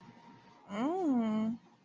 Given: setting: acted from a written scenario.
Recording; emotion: vocal sound without words; romantic love